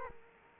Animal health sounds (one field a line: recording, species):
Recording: mosquito wingbeat signal from an infrared sensor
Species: Culex quinquefasciatus